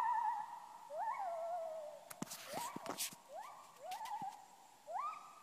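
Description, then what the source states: Gibbon calls: rising whoops and a wavering note, interrupted midway by several sharp clicks and knocks. Gibbons calling in Khao Yai National Park, Thailand.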